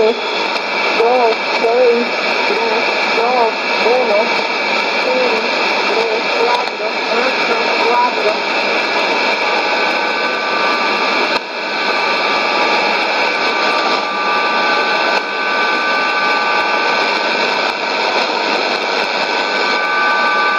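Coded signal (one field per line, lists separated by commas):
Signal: numbers station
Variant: HM01, Spanish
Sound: a voice over radio hiss with several steady data-like tones throughout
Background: radio static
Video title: 11 11 2019 HM01 Cuban Spy Numbers station in Spanish 0730 on 9330 Bejucal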